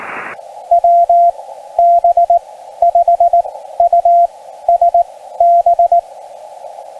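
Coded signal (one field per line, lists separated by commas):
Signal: Morse code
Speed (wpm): 19 wpm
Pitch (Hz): 690 Hz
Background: radio noise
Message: WB5USB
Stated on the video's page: CW Summits on the Air activation of W6/SD-026 using a SOTAbeams Bandhopper.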